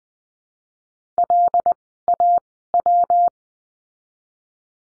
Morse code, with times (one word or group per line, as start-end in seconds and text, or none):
1.2-1.7 L
2.1-2.4 A
2.7-3.3 W